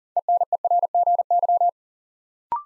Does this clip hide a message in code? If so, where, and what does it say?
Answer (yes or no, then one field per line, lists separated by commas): yes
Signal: Morse code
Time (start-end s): 0.2-1.7 s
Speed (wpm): 41 wpm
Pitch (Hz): 700 Hz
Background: none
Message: ENERGY